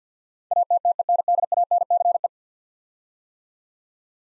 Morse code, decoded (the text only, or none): ATTENDANCE